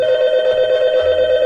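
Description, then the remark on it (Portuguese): A telephone rings with a steady electronic tone, a bright pitched hum with a slight pulsing warble that holds at an even, fairly loud level throughout, with no voices. “No telefone.”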